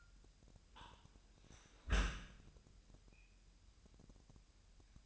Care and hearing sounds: daily activity, microphone in the room; close dishwasher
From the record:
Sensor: 2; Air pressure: 998.1 hPa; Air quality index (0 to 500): 147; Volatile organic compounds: 4 ppm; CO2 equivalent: 1661 ppm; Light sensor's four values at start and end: 10/30/12/11 and 10/30/12/11

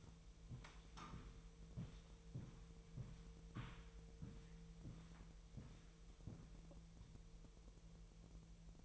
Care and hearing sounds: daily activity, microphone in the room; walk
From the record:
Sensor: 1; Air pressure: 1002.1 hPa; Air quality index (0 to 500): 235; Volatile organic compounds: 89 ppm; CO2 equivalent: 3675 ppm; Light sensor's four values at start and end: 8/18/7/9 and 8/19/8/9

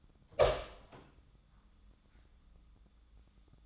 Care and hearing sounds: daily activity, microphone in the room; open door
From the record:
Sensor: 3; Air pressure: 1004.9 hPa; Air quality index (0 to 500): 76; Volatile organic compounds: 2 ppm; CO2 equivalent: 1149 ppm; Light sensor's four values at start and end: 8/19/8/8 and 8/19/8/8

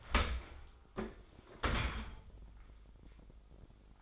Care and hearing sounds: daily activity, microphone in the room; open dishwasher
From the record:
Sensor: 5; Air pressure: 995.9 hPa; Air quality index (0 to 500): 104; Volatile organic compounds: 7 ppm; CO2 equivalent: 2012 ppm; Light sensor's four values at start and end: 42/98/41/44 and 42/100/42/44

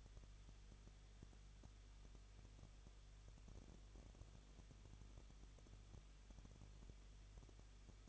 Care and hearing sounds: daily activity, microphone in the room; no activity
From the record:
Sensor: 4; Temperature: 23.0 degrees Celsius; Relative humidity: 34.1%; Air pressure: 1007.4 hPa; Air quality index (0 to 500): 214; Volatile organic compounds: 14 ppm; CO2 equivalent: 2461 ppm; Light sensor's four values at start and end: 2/3/1/1 and 2/3/1/1

